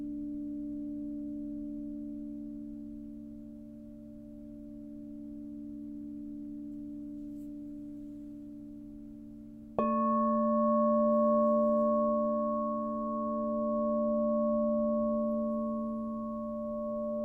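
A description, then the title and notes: A crystal singing bowl hums with a steady, pure low tone and a few clear overtones, swelling and fading gently in slow waves. Just before ten seconds a second bowl is struck, adding a brighter, louder ring with higher overtones that then sustains smoothly to the end. Crystal singing bowl clips.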